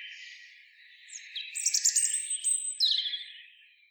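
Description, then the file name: European robin song phrase: a few short high notes, then a sustained high whistle with quick chattering notes, ending in a fluttering descending trill. "Erithacus rubecula"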